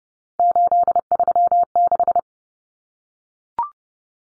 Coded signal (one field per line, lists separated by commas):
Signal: Morse code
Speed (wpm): 30 wpm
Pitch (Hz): 700 Hz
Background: none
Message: 836